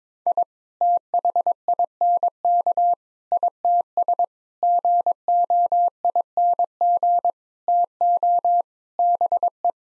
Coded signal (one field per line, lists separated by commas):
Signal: Morse code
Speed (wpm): 22 wpm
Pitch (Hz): 700 Hz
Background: none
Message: I THINK ITS GOING TO BE